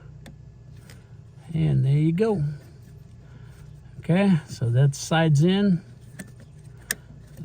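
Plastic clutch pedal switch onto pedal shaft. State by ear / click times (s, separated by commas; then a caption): seated / 6.9 s. A plastic starter clutch pedal switch on a Ford Ranger, with one side already in, is lifted up onto the clutch pedal shaft while someone talks. A sharp click at 6.9 seconds marks the switch clicking into place, locked in with no play.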